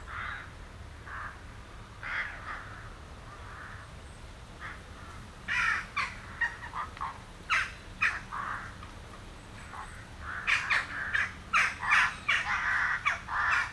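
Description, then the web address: Western jackdaw calls: sparse sharp notes at first, building into a busy stretch of rapid clipped calls from several birds toward the end. "Effects 02-Birds, Insects Animals. Birds Crown Jackdaws"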